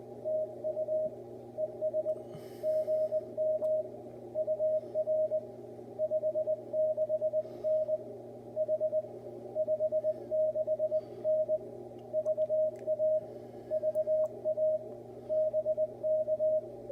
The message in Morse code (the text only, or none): TU ES GM UR 56N H 56N VA VA BK